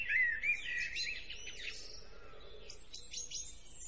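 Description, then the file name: Bird chirps, a quick burst of high twittering notes at the start, then fainter thin whistles against a soft background hiss. "naturelax birds"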